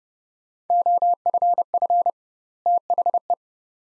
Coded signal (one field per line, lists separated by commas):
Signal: Morse code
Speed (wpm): 29 wpm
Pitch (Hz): 700 Hz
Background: none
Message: OFF THE